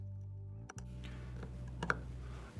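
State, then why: Seated. A steel snap ring (circlip) is pressed onto a motor rotor shaft to retain the fan, with its opening placed opposite the rotor's flat spot. Over a steady low hum, a few faint metallic ticks lead up to a sharp click at 1.9 s. The ring has seated properly in its groove.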